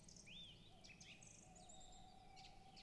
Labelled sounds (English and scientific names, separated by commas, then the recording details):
Song Thrush (Turdus philomelos)
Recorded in Germany
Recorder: ecoPi